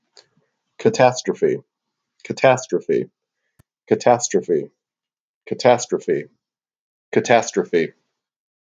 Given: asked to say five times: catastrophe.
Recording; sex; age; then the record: repeated word; male; 30 to 39 years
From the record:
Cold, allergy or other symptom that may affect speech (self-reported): no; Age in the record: 37 years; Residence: Virginia, United States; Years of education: 18